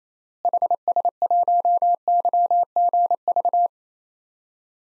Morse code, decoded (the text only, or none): HS1YGV